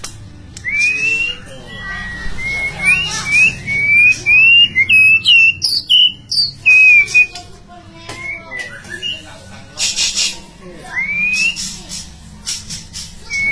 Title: murai batu